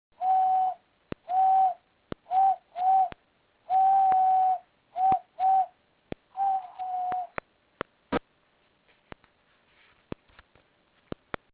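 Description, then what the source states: European turtle dove purring coos, short notes near one pitch repeated in bursts, with sharp clicks throughout that continue after the calls stop. Recorded around Colònia Güell and Montcada.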